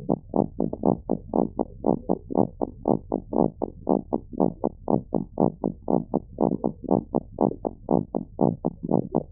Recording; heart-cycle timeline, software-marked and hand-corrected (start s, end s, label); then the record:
heart sounds
0.00	0.11	systole
0.11	0.21	S2
0.21	0.37	diastole
0.37	0.47	S1
0.47	0.61	systole
0.61	0.69	S2
0.69	0.85	diastole
0.85	0.97	S1
0.97	1.11	systole
1.11	1.19	S2
1.19	1.35	diastole
1.35	1.47	S1
1.47	1.61	systole
1.61	1.71	S2
1.71	1.87	diastole
1.87	1.97	S1
1.97	2.11	systole
2.11	2.19	S2
2.19	2.37	diastole
2.37	2.49	S1
2.49	2.63	systole
2.63	2.71	S2
2.71	2.89	diastole
2.89	2.99	S1
2.99	3.13	systole
3.13	3.21	S2
3.21	3.37	diastole
3.37	3.49	S1
3.49	3.63	systole
3.63	3.71	S2
3.71	3.89	diastole
3.89	4.01	S1
4.01	4.15	systole
4.15	4.23	S2
4.23	4.41	diastole
4.41	4.51	S1
4.51	4.65	systole
4.65	4.73	S2
4.73	4.91	diastole
4.91	5.01	S1
5.01	5.15	systole
5.15	5.25	S2
5.25	5.41	diastole
5.41	5.51	S1
5.51	5.65	systole
5.65	5.73	S2
5.73	5.91	diastole
5.91	6.03	S1
6.03	6.15	systole
6.15	6.23	S2
6.23	6.41	diastole
6.41	6.53	S1
6.53	6.65	systole
6.65	6.73	S2
6.73	6.91	diastole
6.91	7.03	S1
7.03	7.15	systole
7.15	7.25	S2
7.25	7.41	diastole
7.41	7.53	S1
7.53	7.67	systole
7.67	7.75	S2
7.75	7.91	diastole
7.91	8.03	S1
8.03	8.17	systole
8.17	8.25	S2
8.25	8.41	diastole
8.41	8.53	S1
8.53	8.67	systole
8.67	8.75	S2
8.75	8.91	diastole
8.91	9.03	S1
9.03	9.17	systole
9.17	9.25	S2
9.25	9.32	diastole
From the record:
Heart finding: abnormal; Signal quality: good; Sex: female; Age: 42 years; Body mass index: 24